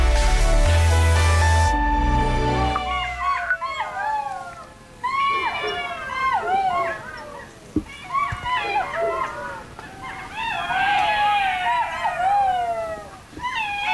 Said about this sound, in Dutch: Ben van der Meer, die woont in Petrovdol, in Bulgarije. En die hoort daar, ik geloof in zijn achtertuin of achter zijn achtertuin, jakhalzen. En hij stuurde ons dit geluid.